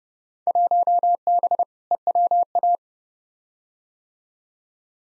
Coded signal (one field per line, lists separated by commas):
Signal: Morse code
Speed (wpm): 29 wpm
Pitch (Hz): 700 Hz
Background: none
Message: 1B EWA